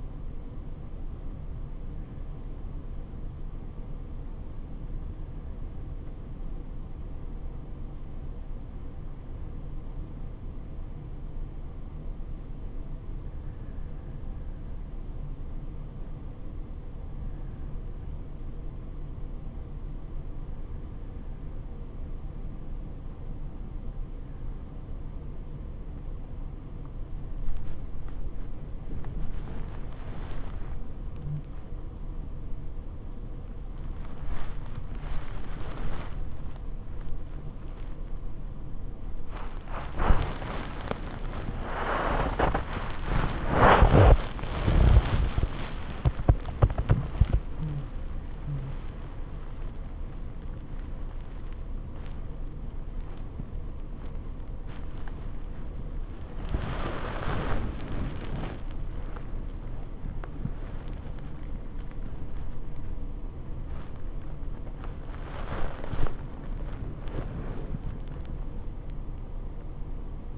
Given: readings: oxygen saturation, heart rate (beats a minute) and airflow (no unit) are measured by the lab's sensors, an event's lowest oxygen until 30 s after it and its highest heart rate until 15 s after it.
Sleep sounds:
breathing in sleep by a smartphone at the bedside; 1
5.00-30.80 s: hypopnea (REM, oxygen 96% highest, then 94% lowest, heart rate 58 at the start, 82 highest)
32.00-62.00 s: new sleep stage, awake
41.00-64.00 s: awake
62.00-70.38 s: new sleep stage, N1 (lightest sleep)
From the record:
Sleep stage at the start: REM sleep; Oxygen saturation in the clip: 94 to 98%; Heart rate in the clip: 56 to 93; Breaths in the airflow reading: 14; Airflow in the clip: -10.8 to 14.8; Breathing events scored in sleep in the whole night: 79 in 6.3 hours asleep

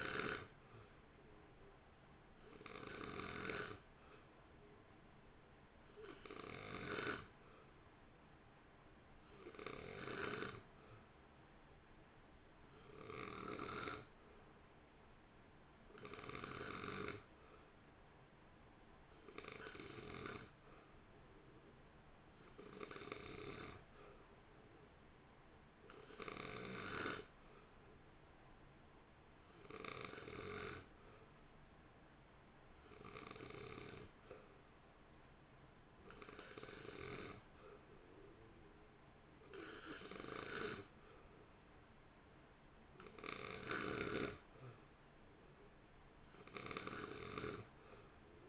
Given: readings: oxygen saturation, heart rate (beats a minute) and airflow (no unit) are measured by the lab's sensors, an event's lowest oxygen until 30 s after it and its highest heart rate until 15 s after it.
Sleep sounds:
breathing in sleep by a voice recorder at the bedside; none
none scored
From the record:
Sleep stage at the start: N2 (light sleep); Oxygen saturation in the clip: 90 to 91%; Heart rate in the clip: 55 to 58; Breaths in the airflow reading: 19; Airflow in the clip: -1.2 to 1.1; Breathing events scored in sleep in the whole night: 328 in 6.3 hours asleep

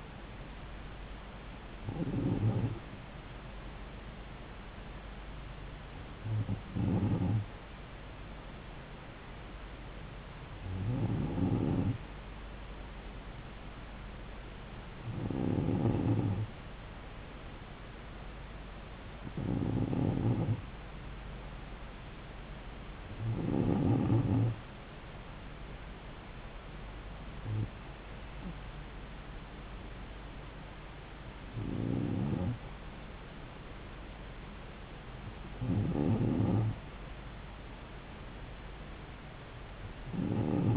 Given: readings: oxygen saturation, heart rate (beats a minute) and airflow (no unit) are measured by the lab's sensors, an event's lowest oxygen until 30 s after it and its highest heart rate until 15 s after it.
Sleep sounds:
breathing in sleep by a voice recorder at the bedside; none
none scored
From the record:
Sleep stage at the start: N2 (light sleep); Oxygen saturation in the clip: 94%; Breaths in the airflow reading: 9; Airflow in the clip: -3.1 to 2.8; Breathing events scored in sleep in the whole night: 270 in 6.1 hours asleep

